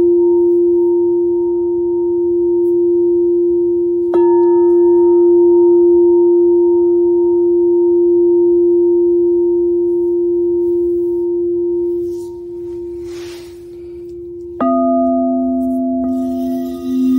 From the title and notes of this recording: This is an original work that was created by playing Venus Gong, Root Chakra Crystal Singing Bowl, Sacral Chakra Singing Bowl, and Sacred Yoni Tibetan Singing Bowl.